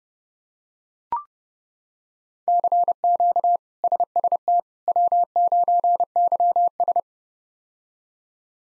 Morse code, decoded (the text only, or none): CQ SST W9YS